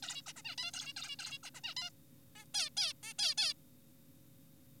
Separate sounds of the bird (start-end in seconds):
0.03-0.22, 0.27-0.33, 0.36-0.42, 0.45-0.55, 0.58-0.71, 0.74-0.93, 0.97-1.16, 1.19-1.39, 1.43-1.50, 1.55-1.61, 1.64-1.75, 1.77-1.90, 2.36-2.45, 2.55-2.70, 2.77-2.93, 3.03-3.13, 3.19-3.35, 3.38-3.53